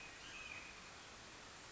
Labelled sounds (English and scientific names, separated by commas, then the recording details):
Red-shouldered Hawk (Buteo lineatus)
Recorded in Sonoma County, California